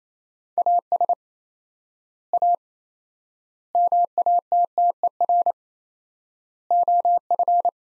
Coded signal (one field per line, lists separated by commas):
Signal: Morse code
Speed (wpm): 28 wpm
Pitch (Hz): 700 Hz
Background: none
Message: AS A MATTER OF